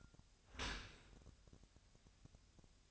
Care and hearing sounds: daily activity, microphone in the room; open dishwasher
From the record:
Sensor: 2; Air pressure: 1006.5 hPa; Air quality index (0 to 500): 202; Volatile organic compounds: 14 ppm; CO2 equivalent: 2470 ppm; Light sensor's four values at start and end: 9/21/9/9 and 9/21/9/9

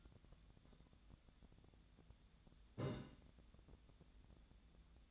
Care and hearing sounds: daily activity, microphone in the room; take from stove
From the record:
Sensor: 3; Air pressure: 1010.0 hPa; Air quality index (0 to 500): 185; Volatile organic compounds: 13 ppm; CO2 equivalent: 2417 ppm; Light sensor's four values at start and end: 43/106/46/49 and 43/106/46/49

